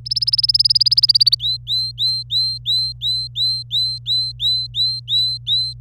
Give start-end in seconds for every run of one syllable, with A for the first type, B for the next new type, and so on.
0.05-1.35 A, 1.40-5.73 B